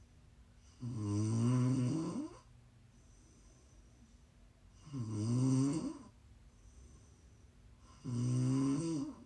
ASMR Snoring. Please enjoy some prime ASMR snoring 💛 You can listen to sleep, to relax, to wind down.